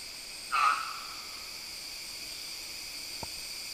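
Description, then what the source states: Trumpet manucode giving one brief harmonic note near the start, then quiet apart from constant insect buzz and a faint click later. Recorded in Papua New Guinea.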